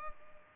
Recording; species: mosquito wingbeat signal from an infrared sensor; Culex pipiens